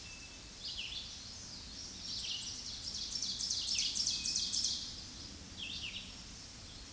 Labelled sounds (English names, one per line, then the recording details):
Ovenbird song
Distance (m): 20 m
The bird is about level with the microphone
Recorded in a Pennsylvania forest on 16 May 2024 at 07:51
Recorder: AudioMoth, point MSD-2083
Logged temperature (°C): 16.7 °C
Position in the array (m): 149 m, 2 m